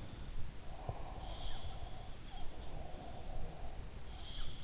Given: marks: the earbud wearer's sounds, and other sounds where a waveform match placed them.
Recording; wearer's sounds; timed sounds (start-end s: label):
sounds in sleep by an in-ear microphone; breath
0.54-3.90 s: breath
0.83-2.80 s: sound from someone else or the room
4.14-4.64 s: sound from someone else or the room